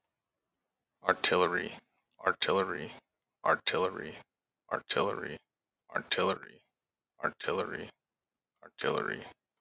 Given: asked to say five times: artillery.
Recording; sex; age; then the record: repeated word; male; 30 to 39 years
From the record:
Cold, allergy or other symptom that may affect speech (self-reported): no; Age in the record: 31 years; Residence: Nebraska, United States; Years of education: 12